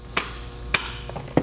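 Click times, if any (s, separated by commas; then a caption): 0.2 s, 0.8 s. The plastic clamp handle on a Kreg Jig K5 pocket-hole jig is lifted while the clamping mechanism is held against the workpiece, and its ratchet gives two distinct clicks at 0.2 s and 0.8 s, with a further sharp tap at 1.4 s. The clamp setting locks for that workpiece thickness.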